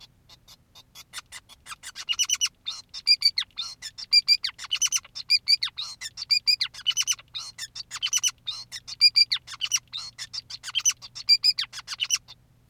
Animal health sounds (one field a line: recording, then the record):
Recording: song of a male Bengalese finch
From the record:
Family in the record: son of father 2, and himself father 5